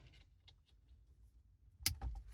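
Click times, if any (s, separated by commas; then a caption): 1.9 s. A start-stop eliminator module is plugged in line with the plastic wiring harness connector on a 2022–2024 Hyundai Tucson Limited. Faint handling sounds come before a sharp click at 1.9 s, followed by a softer rattle. The connector is firmly seated and clicked into place.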